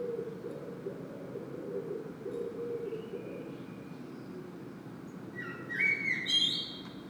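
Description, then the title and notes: Common blackbird singing one short phrase late on, a low warble then a thin, high twitter, over a steady background rumble. Saint-Gilles, Belgium; blackbird singing; recorded with a Sony PCM-M10 internal microphone. "Saint-Gilles, Belgique - Blackbird singing. Le merle chante"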